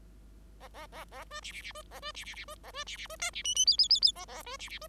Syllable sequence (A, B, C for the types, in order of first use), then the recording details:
A A A A B C C C B A B C C C B A B C C B D C E E F F F F A A B C C B. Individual Bird5